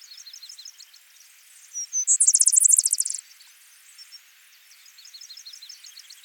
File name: Pooecetes gramineus - Vesper Sparrow